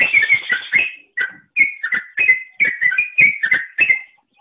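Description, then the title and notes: Bird song opening with a quick trill of whistles, then clear paired whistled notes repeated steadily with small gaps. "Bird Sound. Kicau Burung Lengkap"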